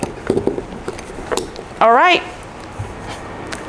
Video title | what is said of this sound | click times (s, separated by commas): 1.5KM Farm CCTV Camera Setup With NO Electricity?! (Without Replacing Your Network) | All you need to do is push it all the way in until you hear a click sound. | 1.4 s